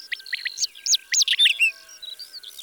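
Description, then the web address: Whinchat singing a quick scratchy phrase of high chirps, short whistles and buzzy notes, with a faint steady tone in the background. "Tarier des pres. album abc-de-la-nature"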